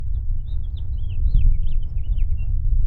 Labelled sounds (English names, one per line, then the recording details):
House Finch song
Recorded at Babylon on Long Island, New York, on 22 May 1975
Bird A